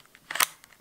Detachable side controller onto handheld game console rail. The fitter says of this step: that's a little clip noise